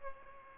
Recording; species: mosquito wingbeat signal from an infrared sensor; Aedes albopictus